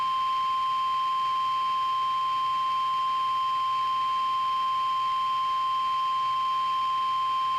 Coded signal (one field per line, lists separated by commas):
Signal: Emergency Alert System (SAME) tones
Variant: 1050 Hz attention tone